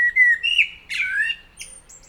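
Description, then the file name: Common blackbird warbling a short run of smooth, gliding fluted notes mixed with buzzy high squeaks. "Turdus merula"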